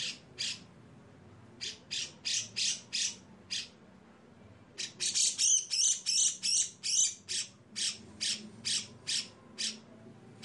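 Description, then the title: Grey-cheeked bulbul's rough rasping bursts in uneven runs, with a couple of pauses early on and a louder, denser stretch of scratchy notes midway. Long, harsh 'besetan' style song used for training caged birds. "MASTERAN CUCAK JENGGOT GACOR FULL BESETAN KASAR DURASI PANJANG !!!. CUCAK JENGGOT GACOR SUARA BESETAN PANJANG‼️PANCINGAN-MASTERAN BURUNG"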